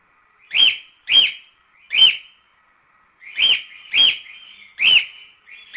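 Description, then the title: Cockatiel calls ring out as bright arched whistles, given singly or in quick pairs, with short pauses between bursts. Several cockatiels whistling. "Calopsitas Cantando Assobio"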